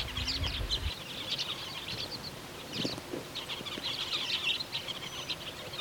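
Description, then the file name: Andean parakeet chatter: continuous high, scratchy chirps, with a low rumble in the first second and a few lower clicks midway. "andean parakeet"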